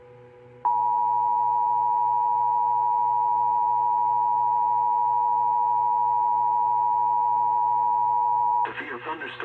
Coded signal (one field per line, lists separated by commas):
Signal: Emergency Alert System (SAME) tones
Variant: 853 and 960 Hz attention tone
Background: speech